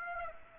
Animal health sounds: mosquito wingbeat signal from an infrared sensor; Aedes aegypti

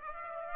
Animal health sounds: mosquito wingbeat signal from an infrared sensor; Aedes aegypti

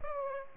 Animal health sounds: mosquito wingbeat signal from an infrared sensor; Aedes aegypti

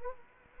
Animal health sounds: mosquito wingbeat signal from an infrared sensor; Culex quinquefasciatus

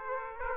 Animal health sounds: mosquito wingbeat signal from an infrared sensor; Aedes aegypti

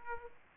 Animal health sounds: mosquito wingbeat signal from an infrared sensor; Aedes aegypti

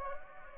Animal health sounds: mosquito wingbeat signal from an infrared sensor; Anopheles gambiae

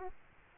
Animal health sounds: mosquito wingbeat signal from an infrared sensor; Aedes aegypti

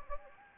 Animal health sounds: mosquito wingbeat signal from an infrared sensor; Anopheles gambiae

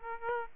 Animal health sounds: mosquito wingbeat signal from an infrared sensor; Aedes aegypti

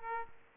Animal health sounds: mosquito wingbeat signal from an infrared sensor; Aedes aegypti

